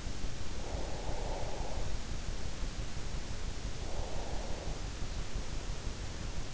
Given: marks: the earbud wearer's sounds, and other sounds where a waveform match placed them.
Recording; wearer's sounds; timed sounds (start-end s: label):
sounds in sleep by an in-ear microphone; breath
0.29-2.22 s: breath
3.74-5.07 s: breath